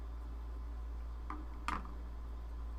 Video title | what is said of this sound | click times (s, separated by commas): Star Wars Day Special: Slave I LIVE BUILD (Gunpla Hangar EP. 44) | okay i just felt that click in place there it goes | 1.3 s, 1.7 s